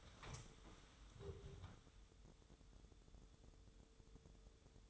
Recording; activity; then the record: daily activity, microphone in the room; stand up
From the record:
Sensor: 3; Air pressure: 1005.1 hPa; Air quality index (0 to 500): 93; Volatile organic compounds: 3 ppm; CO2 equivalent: 1451 ppm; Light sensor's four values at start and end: 10/22/9/9 and 9/22/9/9